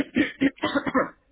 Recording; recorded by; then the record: voluntary cough; telephone call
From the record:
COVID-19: positive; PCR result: checked with the laboratory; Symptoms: no